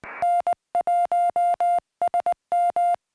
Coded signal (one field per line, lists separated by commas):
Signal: Morse code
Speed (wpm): 19 wpm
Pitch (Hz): 700 Hz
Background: music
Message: N1SM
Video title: My SOTA Paddles